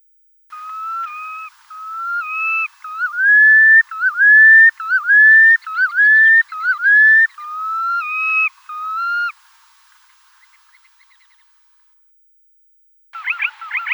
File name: Pesochnik islandskij